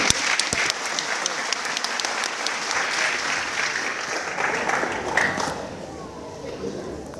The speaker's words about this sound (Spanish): también me aplauden, por favor.